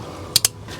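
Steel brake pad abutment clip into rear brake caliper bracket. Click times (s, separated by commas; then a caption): 0.4 s. A new steel brake pad abutment clip with a tab is pressed into the rear brake caliper bracket of a 2016–2022 Honda Pilot. Two sharp, loud metallic snaps land at 0.4 s and 0.4 s (0.35 and 0.44 s), and the clip is seated in place.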